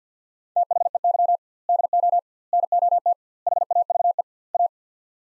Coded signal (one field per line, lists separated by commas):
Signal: Morse code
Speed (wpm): 49 wpm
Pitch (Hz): 700 Hz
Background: none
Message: THEY DO NOT HAVE A